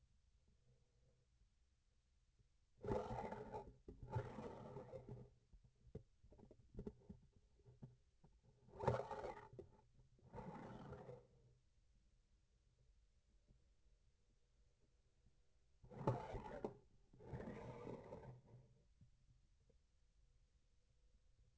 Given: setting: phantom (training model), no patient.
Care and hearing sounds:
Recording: laparoscopic instrument, vibration sensor on the handle end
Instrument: grasping forceps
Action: approaching and retracting movements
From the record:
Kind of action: spatial motion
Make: other than Olympus

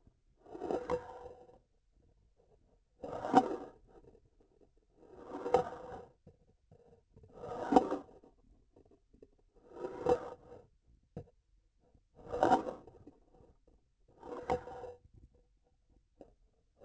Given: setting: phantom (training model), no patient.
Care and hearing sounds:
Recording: laparoscopic instrument, vibration sensor on the handle end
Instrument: grasping forceps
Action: approaching and retracting movements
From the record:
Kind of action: spatial motion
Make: Olympus

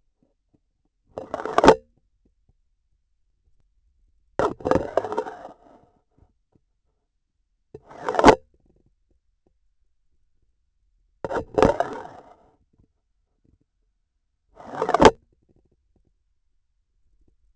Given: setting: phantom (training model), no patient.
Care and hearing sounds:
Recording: laparoscopic instrument, vibration sensor on the handle end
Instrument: grasping forceps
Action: insertion and removal through the trocar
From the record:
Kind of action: spatial motion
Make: Olympus

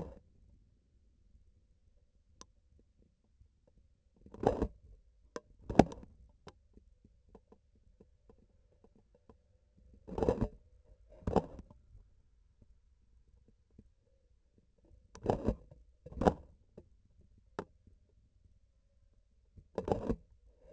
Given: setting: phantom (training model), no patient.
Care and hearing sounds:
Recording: laparoscopic instrument, vibration sensor on the handle end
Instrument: grasping forceps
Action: opening and closing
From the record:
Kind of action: tool actuation without material contact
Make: other than Olympus

